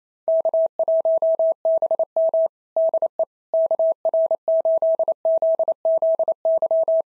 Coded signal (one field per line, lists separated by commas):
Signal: Morse code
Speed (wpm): 25 wpm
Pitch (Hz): 650 Hz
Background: none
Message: K1BM DE KR8ZZY